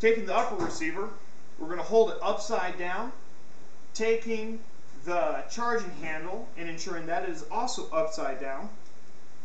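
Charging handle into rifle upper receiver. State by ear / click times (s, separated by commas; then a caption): not seated / none. An AR-15 rifle upper receiver is held upside down while its charging handle, also held upside down, is readied to be placed in the receiver's channel and slid forward. Someone talks throughout, with only faint handling noise underneath. Nothing has seated or clicked yet.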